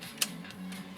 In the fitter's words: and then you can rotate that needle very easily and you may have just heard that little click sound